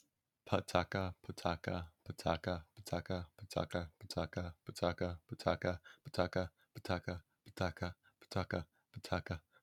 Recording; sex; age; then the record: repeated syllables /pa ta ka/; male; 18 to 19 years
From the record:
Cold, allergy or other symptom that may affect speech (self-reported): no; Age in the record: 18 years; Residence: California, United States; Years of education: 13